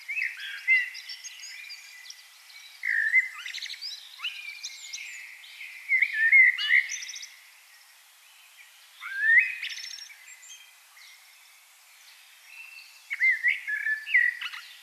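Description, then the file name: Common blackbird song, fluted phrases with scratchy high flourishes, repeated several times. "Turdus merula"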